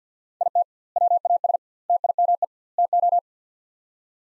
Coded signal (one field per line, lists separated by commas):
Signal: Morse code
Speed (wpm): 50 wpm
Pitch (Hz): 700 Hz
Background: none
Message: IT WAS TIME TO